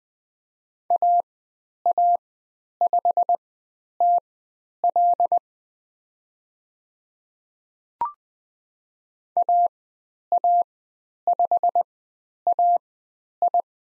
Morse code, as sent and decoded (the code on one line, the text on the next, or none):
.- .- ..... - .-.. / .- .- ..... .- ..
AA5TL AA5AI